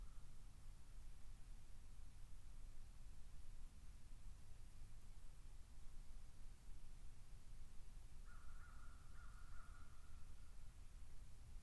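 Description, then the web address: Cuban ivory-billed woodpecker: a faint nasal note at the start, then a few tinny, level toots near the end. A constant low rumble runs throughout. "sound cuban-ivory-billed-woodpecker. دانلود-صدای-دارکوب-نوک-عاجی"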